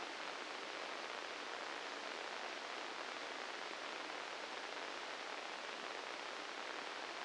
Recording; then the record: brain microelectrode recording played as sound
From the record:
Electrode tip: inside the subthalamic nucleus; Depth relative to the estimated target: 2 mm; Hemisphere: left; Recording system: NeuroSet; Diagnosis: Parkinson's disease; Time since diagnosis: 9 years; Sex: male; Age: 61 years